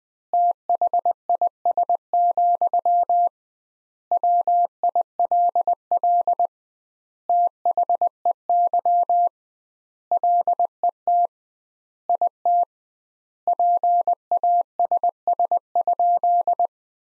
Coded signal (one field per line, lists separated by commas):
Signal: Morse code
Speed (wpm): 20 wpm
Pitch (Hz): 700 Hz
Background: none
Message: THIS, WILL THEY LET IT PASS?